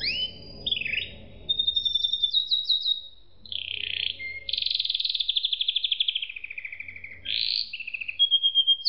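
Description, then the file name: Canary song, a continuous varied warble of high twitters, rapid rattling trills and clear whistled notes, with faint low hum underneath. "suara kenari makige"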